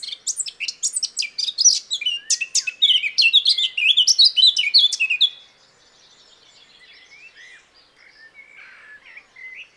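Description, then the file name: Eurasian blackcap singing a fast, tumbling warble of sharp chirps and slurred whistles for about five seconds, then only faint scattered notes. "Sylvia atricapilla"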